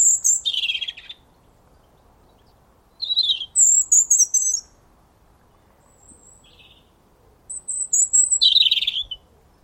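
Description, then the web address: European robin singing: three short, thin, high warbling phrases separated by pauses of two to three seconds, the first and last falling from very high notes to slightly lower twitters. "Deverinetal 2025 File origin Bird Only Er Ru"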